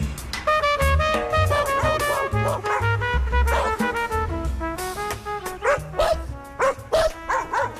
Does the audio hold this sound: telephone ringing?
no